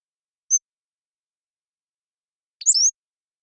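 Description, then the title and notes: Pacific-slope flycatcher singing one brief high tick, then after a pause a sharp slurred squeaky phrase, with nothing else audible. Long song sequence captured with a parabolic microphone, processed clean while keeping natural rhythm and pace. "Pacific-Slope Flycatcher, Empidonax difficilis A long song sequence captured with a parabolic"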